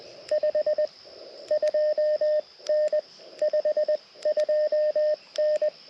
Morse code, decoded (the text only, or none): 52N 52N